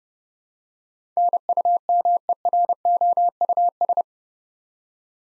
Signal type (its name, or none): Morse code